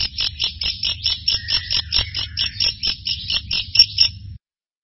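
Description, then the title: Bird song, a fast run of high sharp repeated notes, with a lower whistle mixed in, ending abruptly. "burung online"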